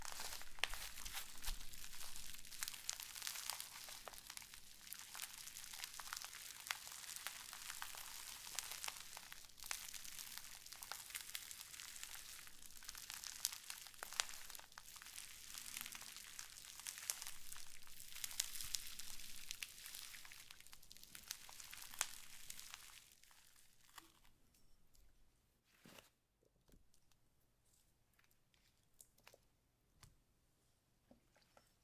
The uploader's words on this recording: Satisfying ASMR Slime To Cause Your Tingles ~No Talking.